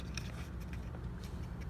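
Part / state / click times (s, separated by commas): plastic dust cap onto serpentine belt idler pulley / seated / 0.2 s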